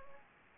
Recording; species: mosquito wingbeat signal from an infrared sensor; Anopheles gambiae